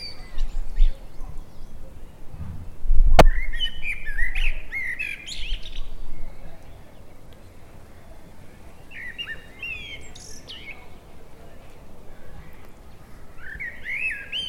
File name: Turdus merula